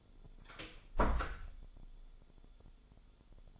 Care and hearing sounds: daily activity, microphone in the room; close door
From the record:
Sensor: 5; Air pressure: 1015.3 hPa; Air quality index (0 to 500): 208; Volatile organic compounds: 10 ppm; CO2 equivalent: 2260 ppm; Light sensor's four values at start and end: 35/81/32/31 and 35/81/33/31

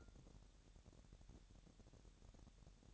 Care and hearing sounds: daily activity, microphone in the room; take from stove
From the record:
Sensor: 3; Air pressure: 1012.0 hPa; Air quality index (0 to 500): 213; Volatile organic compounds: 4 ppm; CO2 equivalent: 1589 ppm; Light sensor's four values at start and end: 104/245/102/92 and 103/245/102/92

